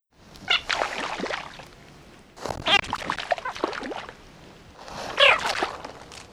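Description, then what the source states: American bullfrog alarm calls: three sharp, high squeaky chirps about two and a half seconds apart, each running into a broad, noisy splash. Alarm call, a high-pitched chirp usually followed by a splash as the frog jumps into water for safety; three such calls, each followed by a splash; played example.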